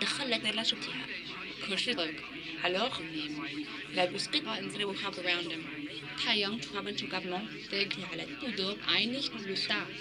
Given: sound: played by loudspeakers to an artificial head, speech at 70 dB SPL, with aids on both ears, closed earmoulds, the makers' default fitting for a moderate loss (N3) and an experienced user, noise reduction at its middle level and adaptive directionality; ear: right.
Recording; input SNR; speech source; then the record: speech test signal (ISTS) in cocktail-party noise; +3 dB; on the right (90 degrees)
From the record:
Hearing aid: class 2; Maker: D